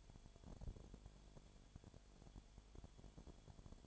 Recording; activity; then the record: daily activity, microphone in the room; no activity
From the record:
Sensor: 5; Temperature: 20.0 degrees Celsius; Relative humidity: 37.1%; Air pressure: 1007.4 hPa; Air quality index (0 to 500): 84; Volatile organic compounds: 1 ppm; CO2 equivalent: 955 ppm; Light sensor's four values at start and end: 2/3/1/1 and 2/3/1/1